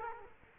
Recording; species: mosquito wingbeat signal from an infrared sensor; Culex quinquefasciatus